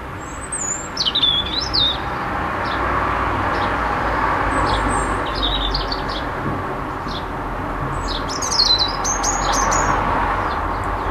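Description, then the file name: European robin song: thin, high, varied warbling phrases with sliding notes, delivered in short bursts separated by pauses, over a steady low background roar. Singing in a city on 28 February 2015, recorded with an MZ-N710. "Rouge-gorge dans la ville 28 02 15"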